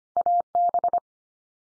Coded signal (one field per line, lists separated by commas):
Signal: Morse code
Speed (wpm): 25 wpm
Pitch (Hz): 700 Hz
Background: none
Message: AB